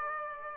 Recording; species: mosquito wingbeat signal from an infrared sensor; Aedes aegypti